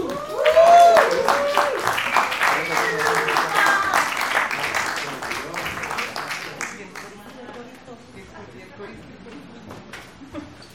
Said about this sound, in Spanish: un aplauso para sus coristas.